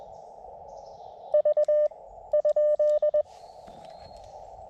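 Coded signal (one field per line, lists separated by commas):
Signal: Morse code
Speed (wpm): 20 wpm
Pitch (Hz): 590 Hz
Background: none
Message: V ?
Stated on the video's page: CW heard through KX2 and TX-500 radios during an activation, comparing audio clarity, background noise and filtering, with a linked dipole.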